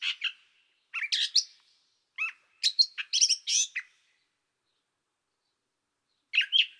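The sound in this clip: Gray catbird song: jumbled bursts of squeaky, mewing and chattering notes in short phrases separated by pauses, one of them long, against a quiet background.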